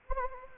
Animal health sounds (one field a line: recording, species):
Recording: mosquito wingbeat signal from an infrared sensor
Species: Anopheles gambiae